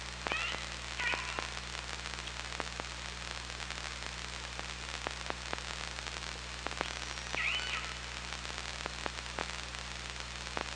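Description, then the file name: Killer whale pulsed calls: two short harmonic calls near the start and another later, over steady underwater hiss with scattered sharp clicks. OrcaLab underwater hydrophone at Parson Island, 24 August 2017, 17:10. "Orca Lab 20170824 171047 PI"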